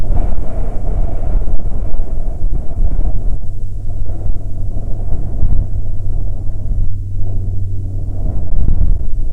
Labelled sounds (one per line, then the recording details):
wind
aircraft
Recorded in the Prudhoe Bay oil fields, Alaska, on 12 June 2019 at 10:24
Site 13